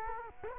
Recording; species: mosquito wingbeat signal from an infrared sensor; Culex quinquefasciatus